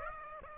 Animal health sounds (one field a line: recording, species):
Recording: mosquito wingbeat signal from an infrared sensor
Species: Aedes aegypti